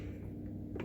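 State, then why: Not seated. The table of a sliding compound miter saw is swung by hand toward a preset angle notch on its metal wheel, with a steady low hum throughout and two brief sounds near the end. The detent has not dropped into the notch yet; nothing has seated or clicked.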